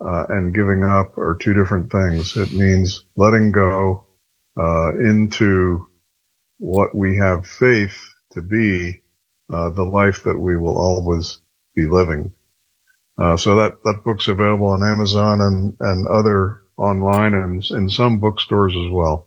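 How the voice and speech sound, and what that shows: A calm, low-pitched adult man speaks fluently with clear articulation, natural pauses and steady pacing; ordinary speech.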